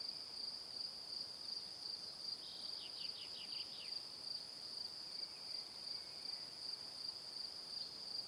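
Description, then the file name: Crickets chirping in a steady high pulsing trill, with a brief burst of descending chirps in the middle, over faint background hiss. Evening. "Calm - Evening Crickets"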